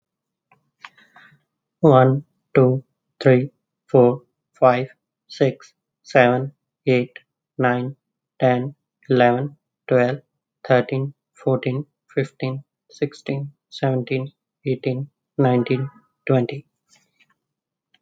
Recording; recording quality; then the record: counting at a normal pace; excellent, no background noise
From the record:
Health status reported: healthy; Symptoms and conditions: none ticked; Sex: male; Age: 30 years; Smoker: not ticked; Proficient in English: yes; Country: India